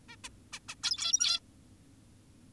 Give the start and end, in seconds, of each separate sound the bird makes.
0.09-0.16, 0.24-0.29, 0.53-0.59, 0.69-0.75, 0.83-1.40